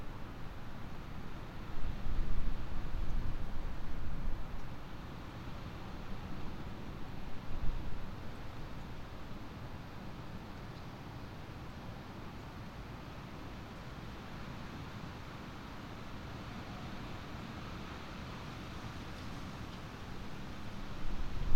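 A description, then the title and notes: A quiet night in a coastal town: a steady low rumble with soft rustling, brief louder swells near the start, then an even hush. Night murmuring in Tenby. A seaside town on the South coast of Wales. End of May into early June. Late sunsets, followed by warm, springtime nights. It's 1am and the mics are recording alone. Behind where we're staying are dim shapes of buildings. The atmosphere of Tenby, in the dead of night.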